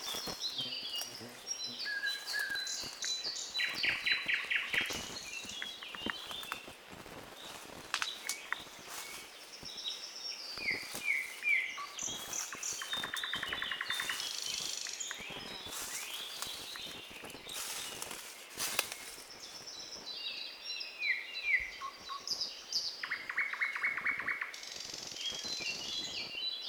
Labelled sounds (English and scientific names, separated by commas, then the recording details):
Thrush Nightingale (Luscinia luscinia) song
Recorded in the wild
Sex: male
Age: adult
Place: Borawskie, Podlaskie Voivodeship, PL
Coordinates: 53.4448, 22.4516
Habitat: deciduous forest
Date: 2016-05-29 10:30
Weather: clear sky, moderate wind
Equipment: Marantz PMD660 recorder, Sennheiser ME67 directional microphone
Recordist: Souriau, Abel
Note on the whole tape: Gesang eines Sprosser (spontan), Aufnahme verwendet in: Souriau, A., Reifová, R., Petrusek, A. et al. No evidence for a role of trills in male response to territorial intrusion in a complex singer, the Thrush Nightingale. J Ornithol 162, 865–878 (2021). https://doi.org/10.1007/s10336-021-01879-9